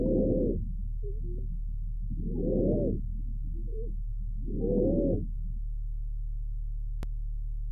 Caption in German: Giemtöne unterschiedlicher Frequenzen, die zu einem Fauchen vereinigt sind aufgenommen bei einem Pferd mit chronisch obstruktiver Bronchitis.